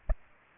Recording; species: mosquito wingbeat signal from an infrared sensor; Culex pipiens